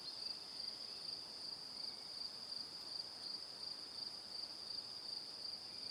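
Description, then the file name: Crickets chirping, a high, even trill broken into quick regular pulses that continue throughout. "Calm - Evening Crickets"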